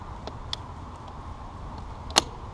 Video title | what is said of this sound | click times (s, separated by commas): Walky Dog Leash installation tutorial | Then just pull back the lock and you'll know it's in place because you'll hear it click. Locked in. | 2.2 s